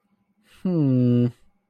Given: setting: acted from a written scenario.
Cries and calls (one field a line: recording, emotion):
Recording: vocal sound without words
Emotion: contentment